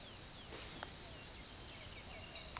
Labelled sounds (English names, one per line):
White-winged Becard